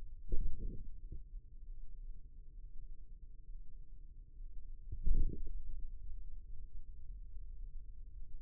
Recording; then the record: forearm muscle sounds (acoustic myography)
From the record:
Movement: radial deviation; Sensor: system 2, bracelet of six BSWA MPA416 microphones around the upper forearm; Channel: 4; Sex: male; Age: 22 years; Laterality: right